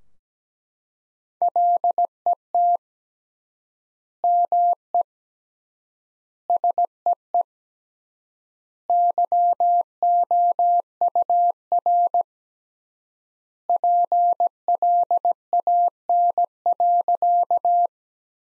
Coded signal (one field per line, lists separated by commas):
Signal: Morse code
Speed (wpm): 17 wpm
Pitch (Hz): 700 Hz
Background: none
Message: LET ME SEE YOUR PLAN.